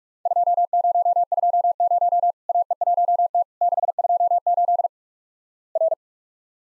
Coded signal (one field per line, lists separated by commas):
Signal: Morse code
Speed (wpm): 48 wpm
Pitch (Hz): 700 Hz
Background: none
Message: 2020 AE1T 628 R